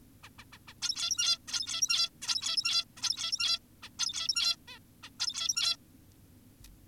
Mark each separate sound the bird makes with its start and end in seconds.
0.24-0.30, 0.39-0.44, 0.53-0.58, 0.68-0.74, 0.82-1.38, 1.48-2.10, 2.22-2.85, 2.97-3.59, 3.83-3.90, 3.99-4.56, 4.68-4.79, 5.03-5.10, 5.20-5.76